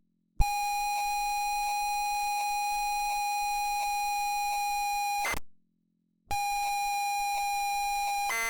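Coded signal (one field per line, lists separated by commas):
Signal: ZX Spectrum tape loading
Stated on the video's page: ZX Spectrum Next loading games from cassette tape, unsuccessfully.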